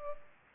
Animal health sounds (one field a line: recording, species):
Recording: mosquito wingbeat signal from an infrared sensor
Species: Culex pipiens